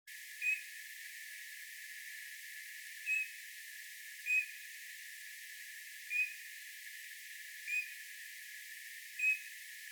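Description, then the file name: Eurasian bullfinch giving soft, short piping whistles, six single notes spaced roughly one to three seconds apart, over a faint steady hiss. "Pyrrhula pyrrhula"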